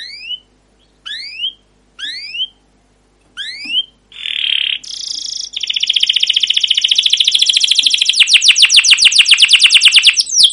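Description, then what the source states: Canary song opening with four separate swooping chirps, then a buzzy burst that builds into a long, dense, fast rolling trill. Long rolling chirping song ('cuit cuit ngerol', 'gacor panjang') of a canary, used as a lure and training recording for other canaries.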